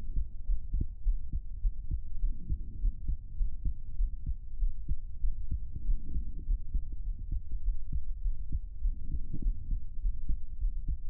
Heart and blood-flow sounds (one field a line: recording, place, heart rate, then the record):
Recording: heart sounds by stethoscope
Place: pulmonary valve (PV)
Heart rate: 98 bpm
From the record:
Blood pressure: 111/71 mmHg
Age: 29 years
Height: 153 cm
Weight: 43 kg